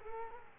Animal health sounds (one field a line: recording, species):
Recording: mosquito wingbeat signal from an infrared sensor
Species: Culex quinquefasciatus